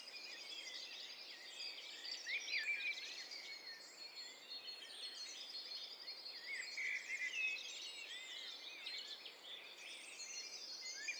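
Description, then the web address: Many birds sing together in a busy tangle of high trills and chirps, steady and continuous over faint background hiss. Mixture of several birds. "Hi Fi STEREO BIRD COCKTAIL PARTY Challenge SBCP TESTSET HDBird Cocktail Party"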